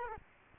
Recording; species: mosquito wingbeat signal from an infrared sensor; Culex quinquefasciatus